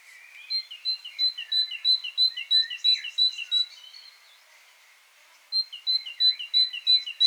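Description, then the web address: Great tit giving quick paired whistled notes in two bursts with a short silence between. "SETE data Parus major"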